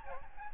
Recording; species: mosquito wingbeat signal from an infrared sensor; Aedes albopictus